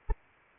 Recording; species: mosquito wingbeat signal from an infrared sensor; Anopheles arabiensis